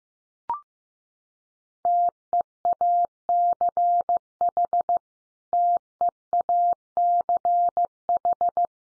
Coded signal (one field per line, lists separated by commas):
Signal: Morse code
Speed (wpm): 15 wpm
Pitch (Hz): 700 Hz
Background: none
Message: TEACH TEACH